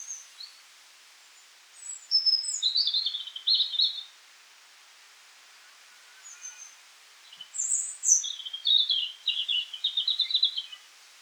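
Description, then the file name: European robin singing thin, high, tinkling phrases, each a run of quick varied notes, separated by silent gaps of a few seconds, with light steady hiss beneath. "Erithacus rubecula"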